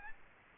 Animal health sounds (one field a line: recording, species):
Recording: mosquito wingbeat signal from an infrared sensor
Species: Aedes albopictus